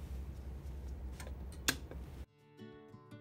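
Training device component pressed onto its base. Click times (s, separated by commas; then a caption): 1.7 s. During a hands-on training demonstration, a part of a training device is pushed all the way down onto its holder (base), and a sharp click at 1.7 s marks it seating into place. Fainter ticks come at about 1.2, 1.5 and 1.9 s over steady low rumbling noise. After 2.3 s the noise drops away, leaving quiet tonal, music-like sound.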